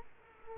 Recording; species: mosquito wingbeat signal from an infrared sensor; Culex quinquefasciatus